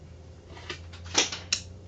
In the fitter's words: you hear it lock into place once it's locked into place you're ready to go